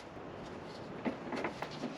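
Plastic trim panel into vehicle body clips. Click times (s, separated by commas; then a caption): 1.5 s, 1.6 s. After old stuck clips are removed, a plastic trim panel is lined up and pushed into the vehicle's body clips. Two sharp plastic snaps sound at about 1.5 and 1.6 seconds over low background noise. The panel seats and sits flush.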